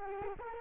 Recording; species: mosquito wingbeat signal from an infrared sensor; Culex quinquefasciatus